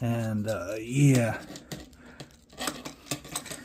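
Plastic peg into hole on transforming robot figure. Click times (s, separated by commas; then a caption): 3.1 s. Someone talks briefly, then a plastic peg on a transforming robot figure is pushed into its matching hole during transformation, with faint handling taps and clicks. Once it is lined up, the peg clicks in at 3.1 s and is seated.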